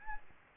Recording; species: mosquito wingbeat signal from an infrared sensor; Aedes albopictus